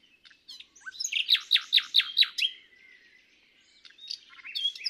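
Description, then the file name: Common nightingale song phrase of several loud, repeated notes, with faint chirping before and after. "Luscinia megarhynchos"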